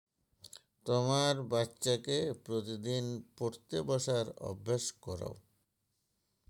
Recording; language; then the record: elicited speech; Bengali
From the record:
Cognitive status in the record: dementia